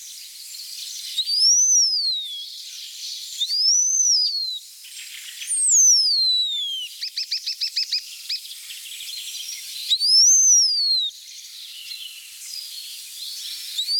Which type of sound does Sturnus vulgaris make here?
song